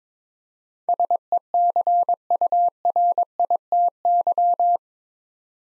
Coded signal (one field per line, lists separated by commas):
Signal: Morse code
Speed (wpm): 23 wpm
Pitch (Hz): 700 Hz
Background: none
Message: SECURITY